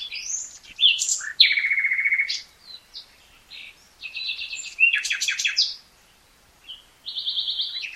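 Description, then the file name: Common nightingale singing a varied run of whistles, buzzy repeated trills and quick chattering notes, with short pauses between phrases. "Luscinia megarhynchos"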